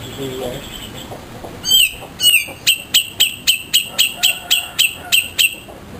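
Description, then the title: Grey-cheeked Bulbul song: two slurred whistles, then a steady series of sharp high notes. "Cucak Jenggot -RESING"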